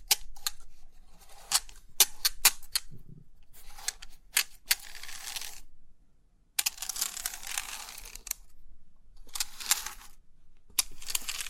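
Crisp pin art clicks and sharp ticks arrive in quick bursts and dense rustling stretches, with a near-silent pause around six seconds.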